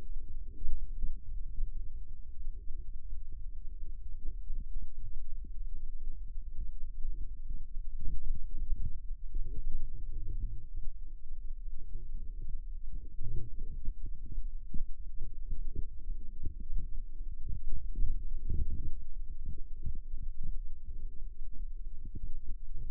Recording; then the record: forearm muscle sounds (acoustic myography)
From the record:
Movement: rest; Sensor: system 2, bracelet of six BSWA MPA416 microphones around the upper forearm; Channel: 5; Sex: male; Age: 22 years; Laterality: right